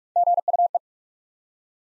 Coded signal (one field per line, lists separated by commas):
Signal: Morse code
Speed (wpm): 45 wpm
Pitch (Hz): 700 Hz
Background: none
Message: GUE